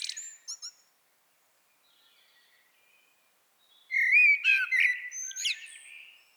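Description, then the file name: Common blackbird song: brief high squeaky notes, a near-silent pause, then a loud phrase of mellow warbles and sharp twitters. "Turdus merula"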